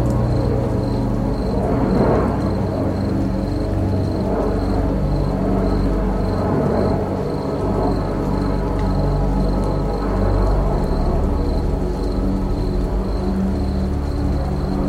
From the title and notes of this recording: A night in the countryside. Relaxing countryside sounds with 432 Hz relaxing music.